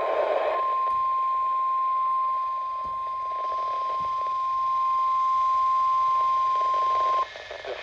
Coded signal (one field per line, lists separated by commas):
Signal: Emergency Alert System (SAME) tones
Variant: 1050 Hz attention tone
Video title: EAS Alerts from March 10, 2024 [EAS #1,232-1,239]